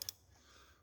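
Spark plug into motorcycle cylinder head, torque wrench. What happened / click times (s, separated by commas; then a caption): The torque wrench clicked at its set torque / 0.0 s, 0.1 s. A 1/4 torque wrench, fitted through an adapter with a 3/8 spark plug socket, tightens a spark plug into the cylinder head of a V-Strom 650 motorcycle engine. A sharp double click sounds at 0.0 s and 0.1 s, followed by a low, steady hum. The wrench has clicked at its torque setting, and the plug seems done.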